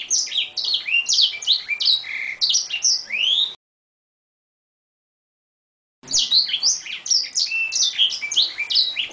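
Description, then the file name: Edel Sanger song of quick chirps, slurred whistles and short trills run together at high pitch, pausing silently in the middle before resuming. Original song (lagu asli). "edel-sanger-lagu-asli-1-omkicau"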